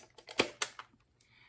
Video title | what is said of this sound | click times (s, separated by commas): I've Been Using Navage Nose Cleaner for 5 Years --- Here's Why I Keep Doing It | if you can see the the plastic part is here and we're going to push it down pretty hard until you hear it click | 0.6 s